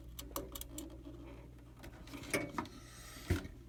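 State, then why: Not seated. A WiFi antenna part is handled at its mount on a desktop PC during a WiFi antenna upgrade, giving light clicks and taps around 0.4 s, 2.3 s, 2.6 s and a sharper knock near 3.3 s over a low steady hum. Nothing has seated or clicked into place yet.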